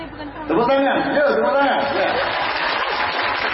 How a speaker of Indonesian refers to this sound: Tepuk tangan.